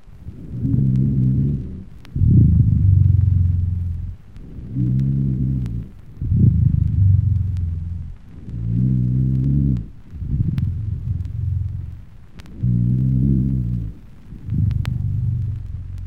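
Loud, low-pitched humming dry rhonchi run through both inhaling and exhaling, in about four breath cycles over sixteen seconds, roughly 15 breaths a minute, heard over the chest of an adult patient with pulmonary emphysema and pneumosclerosis. These coarse dry wheezes arise from narrowed or secretion-filled airways.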